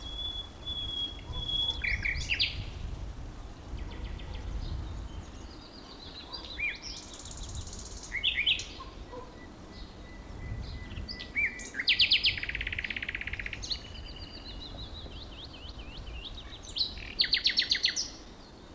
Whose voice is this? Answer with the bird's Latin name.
Luscinia megarhynchos